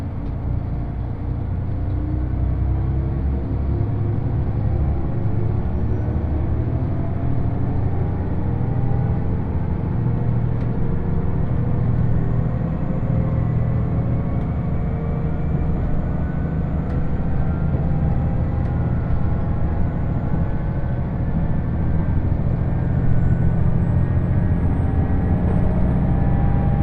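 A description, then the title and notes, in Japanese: A ride aboard the Uwakai No. 5 limited express on the Yosan Line, heading from Iyo-Ozu to Uwajima. A heavy, steady rumble fills the low end throughout, with whining tones slowly climbing as the train gathers speed, plus a faint high whine and occasional light clicks. 予讃線特急宇和海5号 伊予大洲→宇和島。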